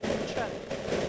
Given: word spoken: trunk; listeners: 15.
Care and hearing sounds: one English word in noise, from a listening test; noise modulated by three-talker babble; -4.8 dB; 2 of 15; 10 of 15; 0.69 s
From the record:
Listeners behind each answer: 10, 2, 2, 1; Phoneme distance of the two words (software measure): 7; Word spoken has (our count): 1 syllable, 5 phonemes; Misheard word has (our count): 1 syllable, 4 phonemes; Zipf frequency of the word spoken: 3.93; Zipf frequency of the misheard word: 4.22

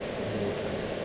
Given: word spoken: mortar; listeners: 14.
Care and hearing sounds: one English word in noise, from a listening test; speech-shaped noise; -5.6 dB; 1 of 14; 10 of 14; 0.65 s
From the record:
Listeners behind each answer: 10, 1, 1, 1, 1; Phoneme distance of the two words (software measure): 10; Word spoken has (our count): 2 syllables, 4 phonemes, stress on syllable 1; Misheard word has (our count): 2 syllables, 4 phonemes, stress on syllable 1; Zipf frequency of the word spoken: 3.65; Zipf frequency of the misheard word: 5.53

